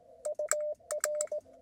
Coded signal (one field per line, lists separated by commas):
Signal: Morse code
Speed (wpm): 20 wpm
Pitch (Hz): 590 Hz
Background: none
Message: UR